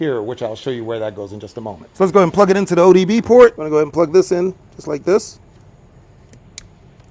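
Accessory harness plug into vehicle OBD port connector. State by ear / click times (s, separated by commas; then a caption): seated / 6.6 s. A man talks while a blind spot/ambient light accessory harness plug for a Tesla is pushed into the car's OBD port connector. After the talking stops, a single sharp click sounds at 6.6 s as the plug seats, confirming it is in.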